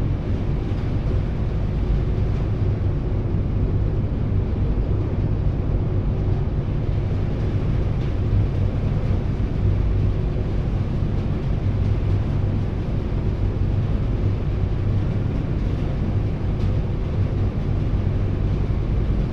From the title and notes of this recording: Bainbridge Outbound Front Passenger Deck Landing And Disembark - And Weird Gawker Stereo. A days' worth of round-trips on the Seattle-Bainbridge Island Ferry, nearly all short fore-and-aft from then passenger and car decks.